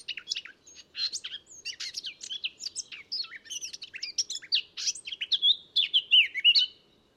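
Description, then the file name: Eurasian blackcap singing a fast, rich warble of chattering and whistled notes, ending in louder, clear fluty phrases that dip and rise. "Sylvia atricapilla"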